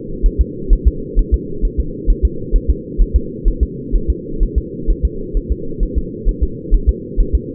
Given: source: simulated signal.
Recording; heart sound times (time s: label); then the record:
fetal heart sounds
0.26 s: S1
0.41 s: S2
0.73 s: S1
0.88 s: S2
1.19 s: S1
1.34 s: S2
1.65 s: S1
1.80 s: S2
2.10 s: S1
2.25 s: S2
2.56 s: S1
2.70 s: S2
3.02 s: S1
3.16 s: S2
3.48 s: S1
3.63 s: S2
3.95 s: S1
4.10 s: S2
4.43 s: S1
4.58 s: S2
4.90 s: S1
5.05 s: S2
5.37 s: S1
5.52 s: S2
5.83 s: S1
5.98 s: S2
6.29 s: S1
6.43 s: S2
6.74 s: S1
6.89 s: S2
7.20 s: S1
7.35 s: S2
From the record:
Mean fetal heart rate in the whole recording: 130 bpm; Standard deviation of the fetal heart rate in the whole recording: 4 bpm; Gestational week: 38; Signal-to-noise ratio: -4.3 dB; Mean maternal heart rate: 72 bpm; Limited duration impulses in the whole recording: absent